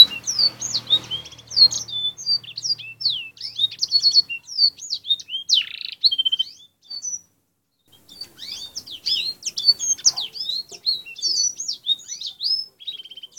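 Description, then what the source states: Canary song: long varied run of high whistled notes, trills and slurred chirps, pausing near seven to eight seconds before resuming with more rapid twittering phrases. Canary song for fill-in training with black-throated canary song; Indonesian 'kenari isian' style.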